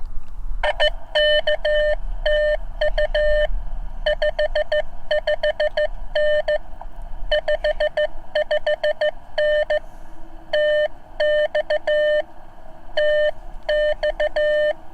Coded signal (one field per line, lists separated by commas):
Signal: Morse code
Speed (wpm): 14 wpm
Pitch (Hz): 600 Hz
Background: none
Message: I K TU 55N 55N TX TX